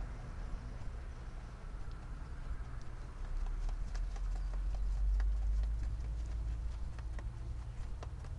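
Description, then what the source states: Rabbit chewing, soft crunchy clicks repeated rapidly over a steady low rumble. Black and white rabbit, eating.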